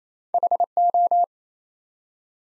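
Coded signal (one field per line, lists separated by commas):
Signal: Morse code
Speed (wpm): 27 wpm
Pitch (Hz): 700 Hz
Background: none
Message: HO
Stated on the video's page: Morse practice at 28 wpm building 3-letter words one letter at a time for instant character recognition.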